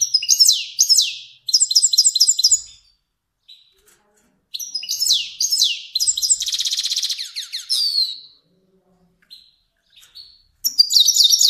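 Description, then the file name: Finch singing energetic phrases of fast trills and sliding notes, including a sustained rolling buzz mid-song. Kermani finch. "sound finch kermani long"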